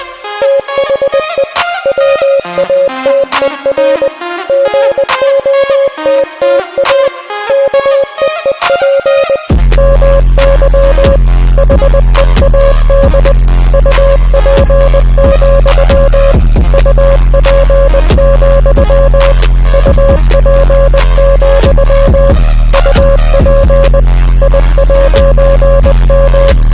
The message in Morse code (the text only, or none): THE WATER GOTTA KEEP MY HEAD UP, UP, UP, UP I'M